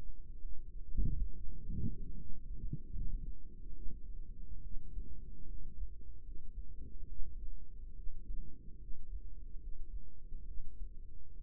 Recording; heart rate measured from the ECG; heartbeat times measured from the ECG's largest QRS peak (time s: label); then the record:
heart sounds by microphone in the right ear; 71 bpm
0.40 s: heartbeat
1.33 s: heartbeat
2.16 s: heartbeat
2.92 s: heartbeat
3.73 s: heartbeat
4.61 s: heartbeat
5.46 s: heartbeat
6.22 s: heartbeat
7.07 s: heartbeat
7.94 s: heartbeat
8.78 s: heartbeat
9.58 s: heartbeat
10.45 s: heartbeat
11.34 s: heartbeat
From the record:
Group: healthy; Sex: female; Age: 22 years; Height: 154 cm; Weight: 58.7 kg